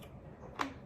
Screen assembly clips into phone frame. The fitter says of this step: and you should hear clicks i think yeah there we go everything's clicking fine